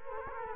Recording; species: mosquito wingbeat signal from an infrared sensor; Culex quinquefasciatus